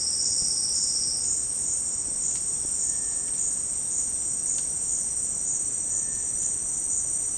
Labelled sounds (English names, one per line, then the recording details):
Cinereous Tinamou
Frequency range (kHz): Cinereous Tinamou 1.2-2.3 kHz
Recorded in dense forest near Puerto Asís, Putumayo, Colombia, on 20 February 2024 at 09:00
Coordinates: 0.472, -76.329
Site G6394